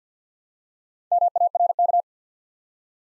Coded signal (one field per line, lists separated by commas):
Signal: Morse code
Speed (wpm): 50 wpm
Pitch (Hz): 700 Hz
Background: none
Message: MARK